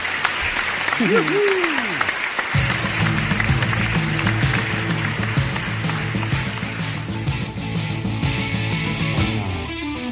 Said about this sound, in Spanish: Pero dejarme, por favor, dejarme que hoy mi aplauso de las 12 sea para vosotros, para la banda.